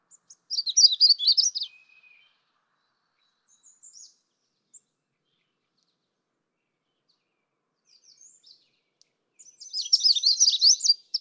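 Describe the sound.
Magnolia warbler giving a short high warbled song phrase, scattered faint chip notes during a pause, then another rapid phrase of slurred notes.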